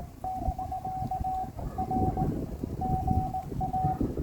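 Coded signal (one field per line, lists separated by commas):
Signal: Morse code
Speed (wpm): 18 wpm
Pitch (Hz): 750 Hz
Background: none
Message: <BK>R GA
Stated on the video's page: Amateur radio CW operation at Bethpage State Park.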